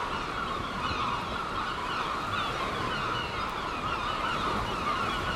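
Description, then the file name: Gulls fill the recording with an unbroken chorus of many overlapping yelping calls at an even level. Gulls at Seaton, dated 17 03. "OKM Seagulls Seaton 17 03"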